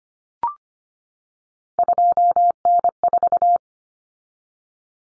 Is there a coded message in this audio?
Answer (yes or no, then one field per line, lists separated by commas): yes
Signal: Morse code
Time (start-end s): 1.8-3.6 s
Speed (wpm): 25 wpm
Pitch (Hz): 700 Hz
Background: none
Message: 2N4